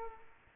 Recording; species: mosquito wingbeat signal from an infrared sensor; Aedes aegypti